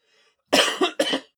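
Two sharp, harsh cough bursts in quick succession from an adult woman. The first has a second push before it fades. This is a short, dry-sounding cough.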